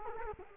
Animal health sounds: mosquito wingbeat signal from an infrared sensor; Culex quinquefasciatus

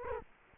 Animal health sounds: mosquito wingbeat signal from an infrared sensor; Culex quinquefasciatus

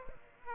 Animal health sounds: mosquito wingbeat signal from an infrared sensor; Aedes aegypti

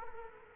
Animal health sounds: mosquito wingbeat signal from an infrared sensor; Culex quinquefasciatus

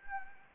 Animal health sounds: mosquito wingbeat signal from an infrared sensor; Anopheles gambiae

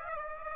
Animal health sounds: mosquito wingbeat signal from an infrared sensor; Aedes aegypti

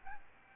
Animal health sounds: mosquito wingbeat signal from an infrared sensor; Aedes albopictus

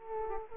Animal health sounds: mosquito wingbeat signal from an infrared sensor; Culex quinquefasciatus

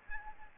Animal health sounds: mosquito wingbeat signal from an infrared sensor; Aedes aegypti

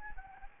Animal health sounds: mosquito wingbeat signal from an infrared sensor; Anopheles gambiae

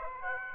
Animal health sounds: mosquito wingbeat signal from an infrared sensor; Aedes aegypti

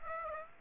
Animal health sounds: mosquito wingbeat signal from an infrared sensor; Aedes aegypti

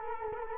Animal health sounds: mosquito wingbeat signal from an infrared sensor; Culex quinquefasciatus

